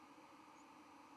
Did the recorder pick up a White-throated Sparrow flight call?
no